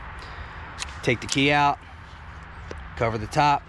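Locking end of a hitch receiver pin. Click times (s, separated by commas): 0.8 s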